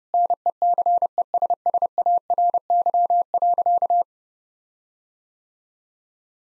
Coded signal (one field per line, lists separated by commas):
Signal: Morse code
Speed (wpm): 30 wpm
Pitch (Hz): 700 Hz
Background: none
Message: NECESSARY.